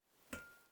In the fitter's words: and this will help you to pull until you hear a snap.